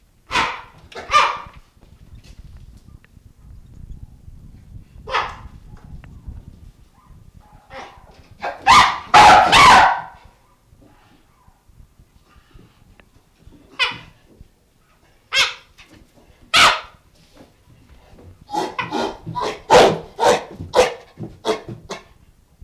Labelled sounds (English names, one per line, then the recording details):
Chimpanzee
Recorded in captivity
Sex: diverse
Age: adult
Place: Zoo Leipzig, Sachsen, DE
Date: 1966-12-03 16:30
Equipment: Uher 4200 Report Monitor, Sennheiser MD 421, Transistorverstärker 2
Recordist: Tembrock, Günter